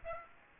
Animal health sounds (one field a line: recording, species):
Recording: mosquito wingbeat signal from an infrared sensor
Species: Aedes aegypti